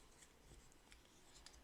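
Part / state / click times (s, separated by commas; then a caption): plastic color ring onto game miniature base / not seated / none. A small plastic colored ring is being pressed onto a game miniature's base by hand during a board game unboxing, with light rubbing and handling noises and two sharp ticks at about 0.9 s and 1.5 s, the second louder. Nothing has seated or clicked yet; the ring is not yet home when the clip ends.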